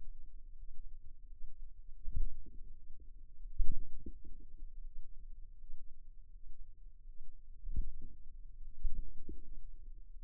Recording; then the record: forearm muscle sounds (acoustic myography)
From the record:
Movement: finger pinch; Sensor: system 2, bracelet of six BSWA MPA416 microphones around the upper forearm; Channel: 2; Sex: female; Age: 23 years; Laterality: right